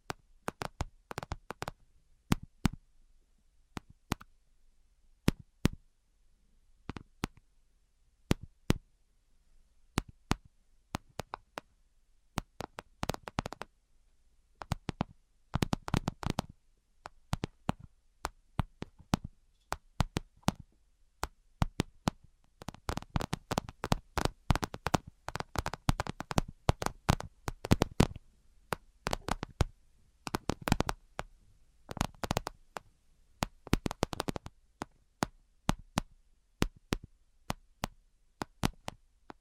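Tapping in sharp, bright clicks, each a brief crack across the whole range. The taps come irregularly, sparse early on, then in dense flurries around 15–17, 23–28 and 33–35 seconds, with near silence between bursts.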